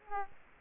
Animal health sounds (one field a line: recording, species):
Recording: mosquito wingbeat signal from an infrared sensor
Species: Culex quinquefasciatus